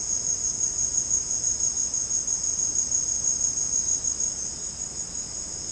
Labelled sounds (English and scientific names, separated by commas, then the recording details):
none
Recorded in dense forest near Puerto Asís, Putumayo, Colombia, on 22 June 2025 at 14:30
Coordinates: 0.499, -76.324
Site G100